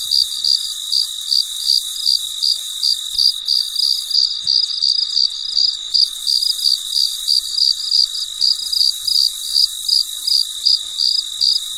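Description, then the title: Cricket calling with fast, evenly spaced chirps around three per second over a steady high insect hiss. Recorded late at night; described as very quiet and peaceful. "深夜录制蟋蟀昆虫声"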